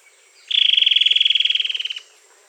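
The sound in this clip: Bird trill: quick, evenly spaced high pulses held on one pitch for about one and a half seconds, fading slightly at the end.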